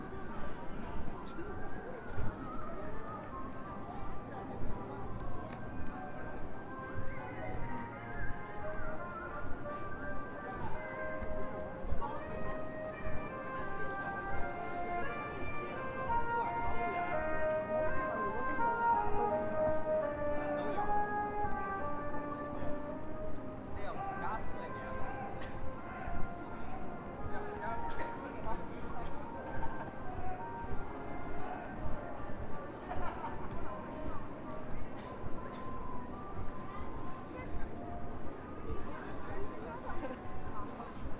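Street scene on Zhongjie in Shenyang, with a dense, steady crowd of voices talking throughout. Bright melodic tones, like music from a shop speaker, drift through the first twenty-five seconds, while a low rumble and scattered footsteps or clicks continue underneath.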